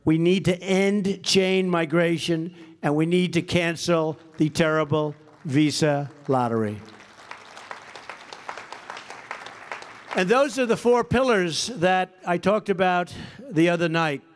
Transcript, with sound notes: We need to end chain migration, and we need to cancel the terrible visa lottery. (Applause.) And those are the four pillars that I talked about the other night.